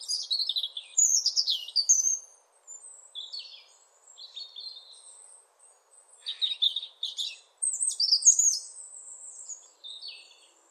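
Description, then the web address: European robin singing a run of high, sweet trills and wavering warbles in short bursts separated by brief silences, phrases changing in pitch each time. "Deverinetal 2025 File origin Bird Only Er Ru"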